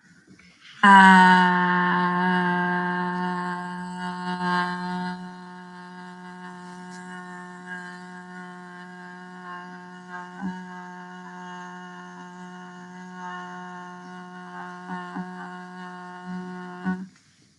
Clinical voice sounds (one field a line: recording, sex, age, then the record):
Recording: vowel held as long as possible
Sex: female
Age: 18 to 19 years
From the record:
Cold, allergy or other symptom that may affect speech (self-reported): no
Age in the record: 19 years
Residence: Texas, United States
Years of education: 14